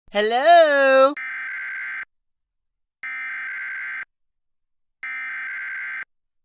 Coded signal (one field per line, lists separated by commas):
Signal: Emergency Alert System (SAME) tones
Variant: header bursts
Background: speech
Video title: Nickelodeon Emergency Alert System Test (April 2, 2020)